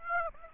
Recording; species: mosquito wingbeat signal from an infrared sensor; Aedes aegypti